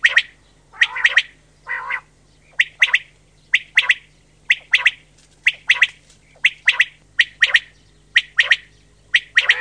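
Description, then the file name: Common quail giving short, sharp notes, often in pairs, repeated many times. "QUAGLIA"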